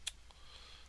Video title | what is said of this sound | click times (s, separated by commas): HHR Valve cover reinstallation | now I get it lined up right yep there it goes click into place so we | 0.1 s